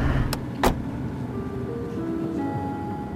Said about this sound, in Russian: В машине по дороге из аэропорта Шереметьево.